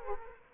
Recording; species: mosquito wingbeat signal from an infrared sensor; Culex quinquefasciatus